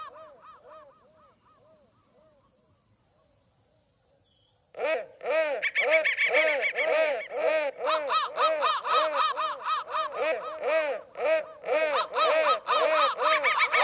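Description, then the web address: Crow calls: a few faint caws, several seconds of near silence, then a long, loud, steady series of rapid raucous caws to the end. "soundfactory crow"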